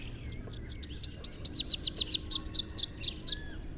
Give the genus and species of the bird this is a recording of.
Basileuterus rufifrons